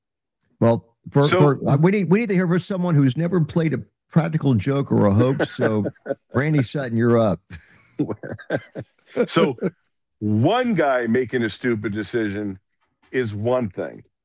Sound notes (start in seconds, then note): 4.9 laughs; 7.9 laughs